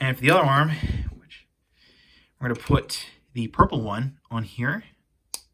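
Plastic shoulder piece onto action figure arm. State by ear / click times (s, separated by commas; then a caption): seated / 5.3 s. Someone talks while fitting a purple plastic shoulder piece onto the other arm of a Kamen Rider Revice Revice Remix Figure Series 02 action figure from the Megalodon Genome and Eagle Genome set. A sharp, loud snap is heard at 5.3 s as the shoulder piece seats onto the figure's arm.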